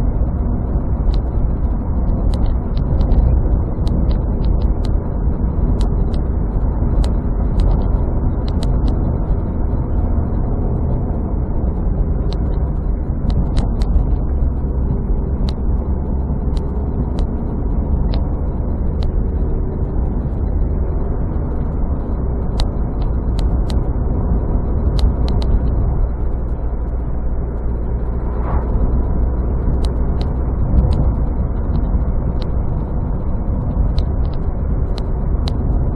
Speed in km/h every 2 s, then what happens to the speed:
61, 59, 58, 58, 57, 57, 53, 49, 50, 54, 57, 59, 62, 63, 64, 64, 60, 58.
0-10 steady at about 58. 10-14 slows to 49. 14-28 speeds up to 64. 31-36 slows to 58.